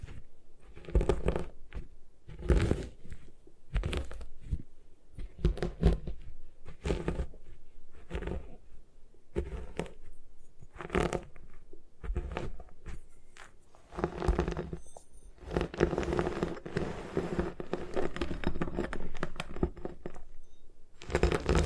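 Gym chalk being crushed and broken apart, with repeated crunchy, crumbling bursts arriving every second or so. The sounds are dry and gritty, reaching high into the hiss range, and grow denser and more continuous after about 14 seconds, with a low thud now and then.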